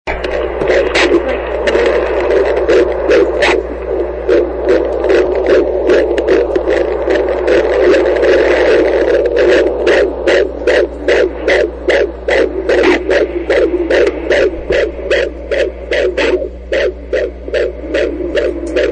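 Rapid, regular whooshing pulses at about 150 per minute, picked up by a Doppler probe over a steady low electrical hum. This is a normal fetal heart rate at 17 weeks of gestation.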